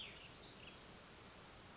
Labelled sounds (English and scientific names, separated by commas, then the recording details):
Cassin's Vireo (Vireo cassinii)
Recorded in Sonoma County, California